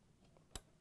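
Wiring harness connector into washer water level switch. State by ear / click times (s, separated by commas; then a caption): seated / 0.6 s. A wiring harness connector is pushed all the way onto a new Whirlpool/KitchenAid/Maytag washer water level switch (kit W10339251), which is snapped into the console, for a good connection. Against a quiet background, a single short, sharp click rings out at 0.6 seconds as the connector seats.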